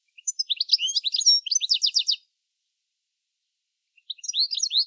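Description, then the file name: European goldfinch: quick, bright twittering notes in a rapid tinkling series, a pause, then a shorter burst of similar chirps. "Carduelis carduelis"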